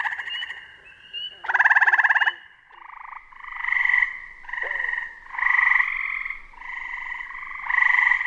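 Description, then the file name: Gray treefrog giving a series of short pulsed, musical trills, each lasting about a second. "hyla versicolor"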